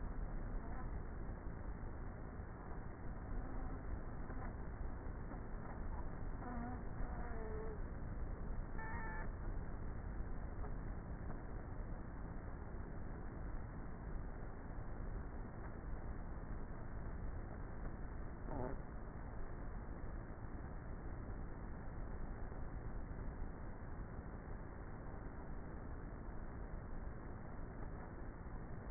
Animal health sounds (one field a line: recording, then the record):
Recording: honeybee colony, microphone inside the hive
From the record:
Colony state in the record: queenless with a low population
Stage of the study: before two queens were removed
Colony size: about 30,000 bees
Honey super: no